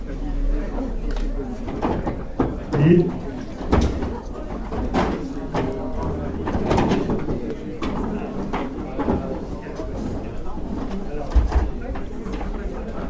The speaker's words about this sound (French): Et avant de danser le tango, on va mettre les chaises de ce côté-là. En les empilant, ça c'est mieux. On va mettre les chaises sur le côté.